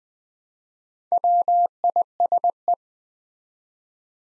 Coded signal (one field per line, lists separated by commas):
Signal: Morse code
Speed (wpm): 20 wpm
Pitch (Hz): 700 Hz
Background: none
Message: WISE